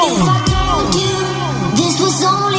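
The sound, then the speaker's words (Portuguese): A crowd at a Melody music event (Equipe Audio Mania, 2017 year-end special) shouts and cheers together, many voices rising and falling in overlapping yells, with sharp loud bursts punctuating a steady, dense roar throughout. “Quem me vê em Deus dá um grito!”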